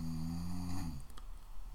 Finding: A snoring dog.